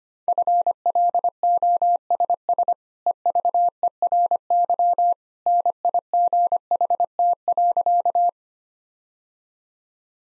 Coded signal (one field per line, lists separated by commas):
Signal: Morse code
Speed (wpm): 25 wpm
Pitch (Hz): 700 Hz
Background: none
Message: FLOSS EVERY NIGHT.